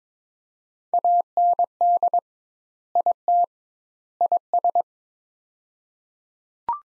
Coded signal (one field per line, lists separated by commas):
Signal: Morse code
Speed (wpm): 22 wpm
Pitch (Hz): 700 Hz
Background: none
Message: AND IT IS